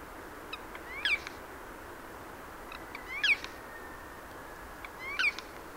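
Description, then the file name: Eurasian jay giving three sharp, slurred call notes about two seconds apart, with faint clicks before each, above constant background noise. "Garrulus glandarius"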